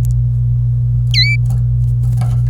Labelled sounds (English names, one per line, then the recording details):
Domestic Canary song
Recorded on 26 April 2018 at 11:58
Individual llb3